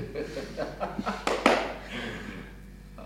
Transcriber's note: laughs